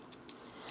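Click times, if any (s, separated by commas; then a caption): 0.1 s, 0.3 s. A plastic beam chest plate is pulled out from under the crotch area of a SciFi Revoltech Gamera G2 #033 action figure's torso. Two sharp snaps are heard at 0.1 and 0.3 seconds as the plate comes loose from the figure.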